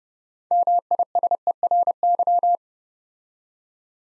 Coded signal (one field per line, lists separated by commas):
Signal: Morse code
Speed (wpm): 30 wpm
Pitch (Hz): 700 Hz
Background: none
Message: MISERY